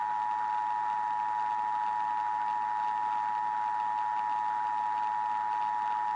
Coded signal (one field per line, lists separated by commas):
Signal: Emergency Alert System (SAME) tones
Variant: 853 and 960 Hz attention tone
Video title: EAS Scenario - Literal Fire Storm: REMASTERED